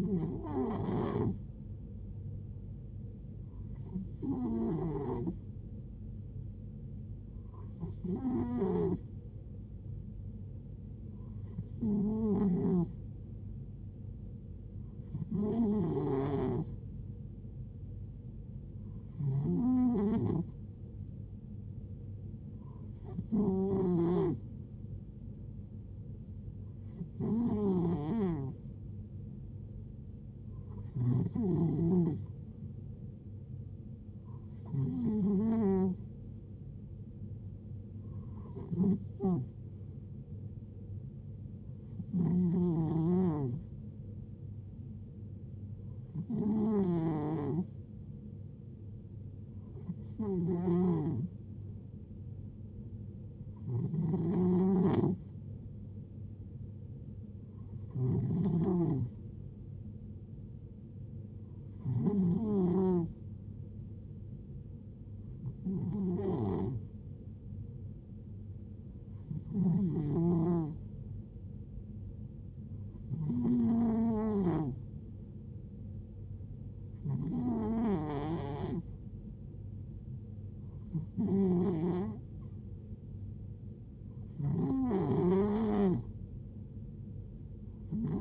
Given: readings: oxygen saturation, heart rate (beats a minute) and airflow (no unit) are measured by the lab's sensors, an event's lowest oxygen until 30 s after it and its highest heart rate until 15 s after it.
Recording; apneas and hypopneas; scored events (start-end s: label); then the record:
breathing in sleep by a smartphone at the bedside; none
none scored
From the record:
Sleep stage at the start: N2 (light sleep); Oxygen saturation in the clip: 91 to 92%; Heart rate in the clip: 59 to 73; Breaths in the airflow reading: 23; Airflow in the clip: -5.8 to 5.4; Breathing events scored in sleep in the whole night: 389 in 6.3 hours asleep